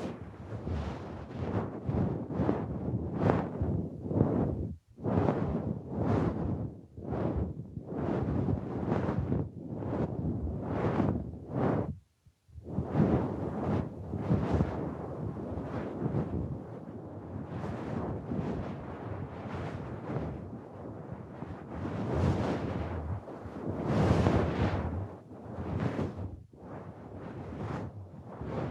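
Gentle blowing, a soft breathy airflow, comes in repeated swells, each rising and fading over a second or so, with brief silent gaps near 5 and 12 seconds. The puffs are steady and close-spaced, soft and rushing, with a faint low hum underneath throughout.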